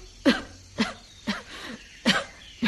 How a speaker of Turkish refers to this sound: Öksürüyorsun